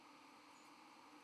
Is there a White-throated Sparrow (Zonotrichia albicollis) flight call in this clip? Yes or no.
no